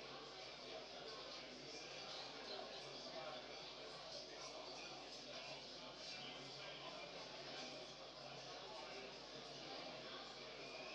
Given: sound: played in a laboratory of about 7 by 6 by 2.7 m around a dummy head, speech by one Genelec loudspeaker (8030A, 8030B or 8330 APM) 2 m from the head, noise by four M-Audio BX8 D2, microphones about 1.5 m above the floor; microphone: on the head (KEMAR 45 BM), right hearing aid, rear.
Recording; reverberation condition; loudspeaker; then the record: cafeteria noise; medium; four, about 170 cm from the corners of the room and facing them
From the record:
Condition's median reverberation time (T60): about 510 ms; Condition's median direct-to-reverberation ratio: about -0.5 dB